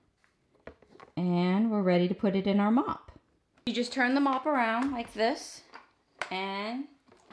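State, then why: Not seated. Someone talks while handling the filled plastic clean-water tank, its cap screwed on, and turning a Bissell CrossWave Floor and Rug Wet Dry Vacuum Mop 1785A around to load it. Only faint handling taps are heard near 0.2 to 0.8 seconds. Nothing has seated or clicked yet.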